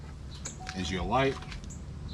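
A door courtesy light is handled beside its plastic housing in the handle of a new front door handle on a 2005 Avalanche. Someone talks over light handling noise with a couple of brief sounds, and nothing has seated or clicked yet.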